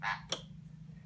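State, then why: Seated. The upper thread is pressed into the spring-loaded guide on the take-up lever of a Bernina 475 Quilting Edition sewing machine. A soft rustle is followed by a sharp little click at 0.3 s, then a steady low hum. The thread has snapped into the guide and is seated.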